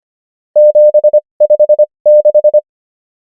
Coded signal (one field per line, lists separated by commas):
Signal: Morse code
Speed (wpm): 25 wpm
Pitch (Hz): 600 Hz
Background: none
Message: 7 5 6